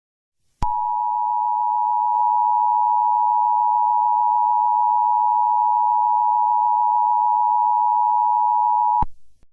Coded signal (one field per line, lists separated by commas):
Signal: Emergency Alert System (SAME) tones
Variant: 853 and 960 Hz attention tone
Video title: WBAP EAS Child Abduction Emergency during Jacob's Sonic Series